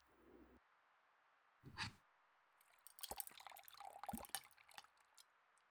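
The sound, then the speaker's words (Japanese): Wet, squelchy swishing as soapy water is whisked into shaving lather with barber-shop style shaving tools, with quick irregular clicks and small splashes over a few seconds after a brief earlier slosh. “石鹸水を泡立てて、ひげ剃りクリームにするの。”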